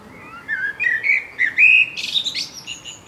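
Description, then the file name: Common blackbird song phrase: mellow rising fluted warble that finishes in a thin, squeaky high twitter. "Turdus merula"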